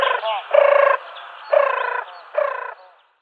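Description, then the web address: European turtle dove display purring: a cut-off burst at the start, then three rough, pulsed, harmonic-rich bursts, each about half a second long, separated by short quieter gaps. Male performing display. "Schulze Peter Eurasian Turtle-Dove male display"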